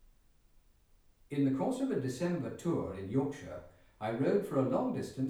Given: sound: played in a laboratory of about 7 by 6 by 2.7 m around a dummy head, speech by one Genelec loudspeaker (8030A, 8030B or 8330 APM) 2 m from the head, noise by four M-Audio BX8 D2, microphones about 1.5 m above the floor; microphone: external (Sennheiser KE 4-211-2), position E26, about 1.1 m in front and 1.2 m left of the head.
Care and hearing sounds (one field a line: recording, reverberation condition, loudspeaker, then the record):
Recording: male speech in English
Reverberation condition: medium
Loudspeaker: 150 degrees to the right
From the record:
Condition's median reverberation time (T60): about 510 ms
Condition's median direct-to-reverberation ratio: about -0.5 dB